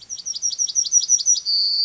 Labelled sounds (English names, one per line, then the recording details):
Yellowhammer song
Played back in forest
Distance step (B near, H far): C
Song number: 152